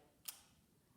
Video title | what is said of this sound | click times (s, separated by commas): Morning Pampers With Tropic | They click in, they're magnetic. | 0.3 s